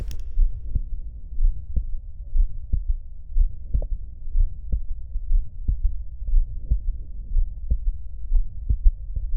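Heart heard by stethoscope at the cardiac apex of a pregnant 18-year-old woman: a Still's murmur, an innocent systolic murmur that is fairly low-pitched, musical and vibrating, together with a third heart sound.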